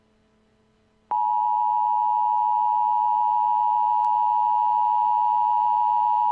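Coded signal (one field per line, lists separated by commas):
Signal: Emergency Alert System (SAME) tones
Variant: 853 and 960 Hz attention tone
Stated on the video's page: Fictional EAS scenario recreation about the moon on a collision course with Earth.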